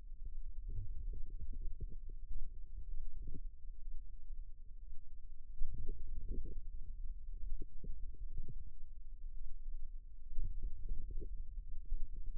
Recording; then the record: forearm muscle sounds (acoustic myography)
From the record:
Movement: wrist flexion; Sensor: system 2, bracelet of six BSWA MPA416 microphones around the upper forearm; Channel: 6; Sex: female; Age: 22 years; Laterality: right